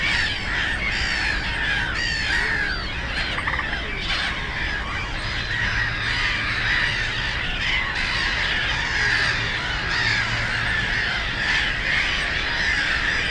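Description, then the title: Black-headed gulls squawk and cackle in a noisy flock chorus, with a low drone in the middle under constant traffic rumble. Many birds on ponds in a former coal-mining area turned nature complex, Bytom, Poland; black-headed gulls loudest; nearby national road and railway noise; recorded with Zoom F4 and AT BP4025 microphone. "Żabie Doły, Bytom, Polska - Black-headed gulls at Frog Ponds complex"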